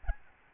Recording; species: mosquito wingbeat signal from an infrared sensor; Aedes albopictus